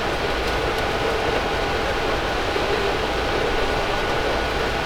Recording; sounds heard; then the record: poultry house recording; no chicken sound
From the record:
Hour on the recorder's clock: 10